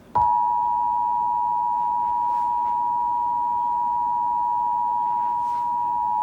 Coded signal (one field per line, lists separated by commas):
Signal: Emergency Alert System (SAME) tones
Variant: 853 and 960 Hz attention tone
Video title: Nation Periodic EAS Test | August 7th 2019